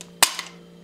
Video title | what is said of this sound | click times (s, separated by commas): MOV025.MOD | you push it on here click | 0.2 s